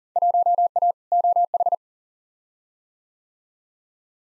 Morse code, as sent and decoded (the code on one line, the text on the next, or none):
.---- .- / --- ....
1A OH